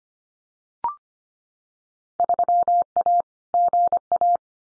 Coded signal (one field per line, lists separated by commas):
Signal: Morse code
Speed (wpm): 25 wpm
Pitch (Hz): 700 Hz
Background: none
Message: 3A GA